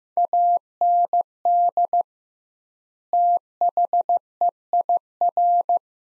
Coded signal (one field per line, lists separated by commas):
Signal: Morse code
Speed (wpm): 15 wpm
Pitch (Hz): 700 Hz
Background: none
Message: AND THEIR